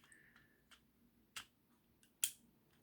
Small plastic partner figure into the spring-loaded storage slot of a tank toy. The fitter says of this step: i don't know if you guys could hear that little click or not i really hope you did